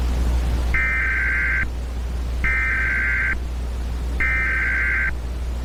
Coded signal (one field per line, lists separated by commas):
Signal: Emergency Alert System (SAME) tones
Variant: header bursts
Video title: The Thanksgiving virus eas scenario